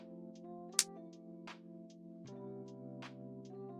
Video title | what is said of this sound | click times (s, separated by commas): MY FIRST GUNPLA!!! BUILDING THE GMS-A RED GUNDAM BECAUSE IT'S RED LIKE ME 【HANDCAM】 | I like that satisfying click. They don't do that very often in this. | 0.8 s